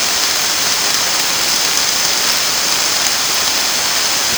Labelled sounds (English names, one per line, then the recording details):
none
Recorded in dense forest near Puerto Asís, Putumayo, Colombia, on 29 June 2025 at 13:00
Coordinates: 0.486, -76.317
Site G065